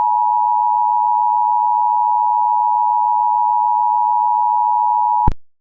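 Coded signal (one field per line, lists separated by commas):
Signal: Emergency Alert System (SAME) tones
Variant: 853 and 960 Hz attention tone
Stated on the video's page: Mock EAS Dust Storm Warning, a recreation rather than a real broadcast.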